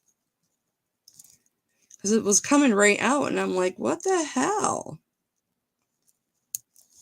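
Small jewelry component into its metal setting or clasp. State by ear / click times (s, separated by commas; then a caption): seated / 6.6 s. Someone talks while fitting a small sterling silver jewelry part into its metal setting or clasp, which only stays if it goes in a certain way because it kept coming out; faint ticks come before the talking. After a quiet pause, a sharp click at 6.6 seconds marks the part seating into place.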